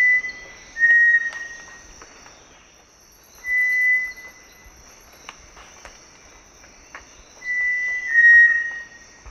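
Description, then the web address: Cinereous tinamou whistling: long, level, pure whistles come near the start, middle and end, paired at the start and end and single in the middle, with a steady high insect drone underneath throughout. Duet; South American eastern lowlands. "S America Eastern Lowlands Crypturellus cinereus, duet"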